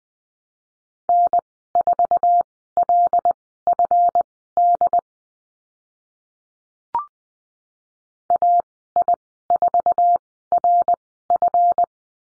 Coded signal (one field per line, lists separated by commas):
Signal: Morse code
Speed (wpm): 20 wpm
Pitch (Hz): 700 Hz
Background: none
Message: N4LFD AI4RF